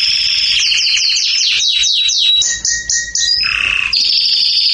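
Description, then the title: Belgian canary delivering a loud rapid trill of repeated downslurred notes, then buzzy rolls and a low sustained tone before another fast trill. Singing in a rapid, fired-off style. "Canario Belga. Salsa Cantando Disparado"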